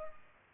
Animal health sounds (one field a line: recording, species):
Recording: mosquito wingbeat signal from an infrared sensor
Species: Culex pipiens